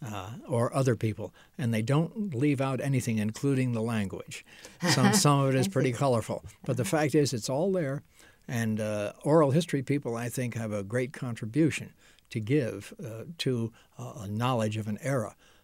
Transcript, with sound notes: or other people. And they don't leave out anything, including the language. [chuckles] Some — some of it is pretty colorful. But the fact is, it's all there and oral history people, I think, have a great contribution to give to knowledge of an era.